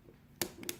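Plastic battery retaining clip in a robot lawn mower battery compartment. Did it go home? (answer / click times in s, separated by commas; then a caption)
no / none. A plastic battery retaining clip is repositioned over a new battery pushed in flush in the battery compartment of a Tondeo HS 40 robot lawn mower. A sharp, loud hit at 0.4 s is followed by two lighter ticks at 0.6 s and 0.7 s. Nothing has seated or clicked into place yet.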